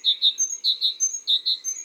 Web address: la mesange charbonniere. album cuicui-et-compagnie